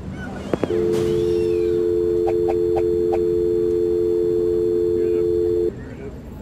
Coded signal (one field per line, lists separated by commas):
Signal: telephone call progress tone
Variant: North America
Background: speech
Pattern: dial tone